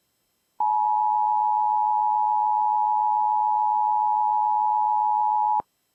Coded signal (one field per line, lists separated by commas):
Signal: Emergency Alert System (SAME) tones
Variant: 853 and 960 Hz attention tone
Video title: EAS 4273-4275 KDKA AM Random Test from 6:39AM (Credits to Antonio for the Audio)